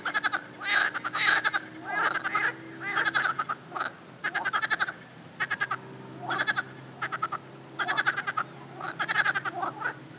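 Frogs give stuttering, nasal, laughing croak series in bursts every second or so, with a low steady hum underneath.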